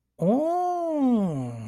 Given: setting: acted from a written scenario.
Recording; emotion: vocal sound without words; realization